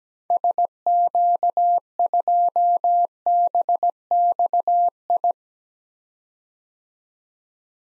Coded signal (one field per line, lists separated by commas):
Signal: Morse code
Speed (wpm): 17 wpm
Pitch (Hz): 700 Hz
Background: none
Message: SQ2BXI